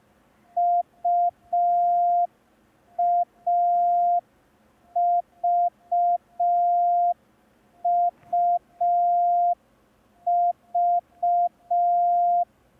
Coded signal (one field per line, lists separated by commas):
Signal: Morse code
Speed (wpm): 5 wpm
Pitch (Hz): 700 Hz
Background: none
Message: UAVUV